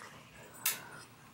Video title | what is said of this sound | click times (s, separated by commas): Repairing Ballistic 600 XL Bike Fork/Shocks (Stuck/Frozen) | then it'll snap into place like that. | 0.7 s